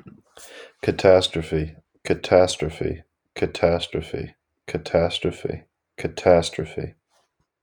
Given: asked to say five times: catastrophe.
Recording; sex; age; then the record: repeated word; male; 20 to 29 years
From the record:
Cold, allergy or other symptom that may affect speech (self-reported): no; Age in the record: 28 years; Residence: New Jersey, United States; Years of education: 12